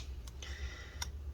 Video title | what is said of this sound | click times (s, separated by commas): 13" Inch MacBook Air A1466 Early 2014 LCD Screen Replacement Repair | and then push it back down all right clicks into place | 1.0 s